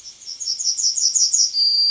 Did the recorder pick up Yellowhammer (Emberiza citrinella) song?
yes